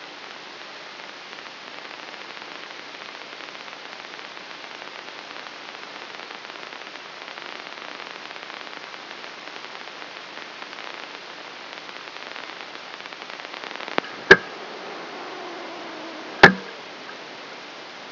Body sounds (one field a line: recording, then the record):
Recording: brain microelectrode recording played as sound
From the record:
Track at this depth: outside the subthalamic nucleus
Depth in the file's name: 6.898 mm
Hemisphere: left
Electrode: 3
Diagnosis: Parkinson's disease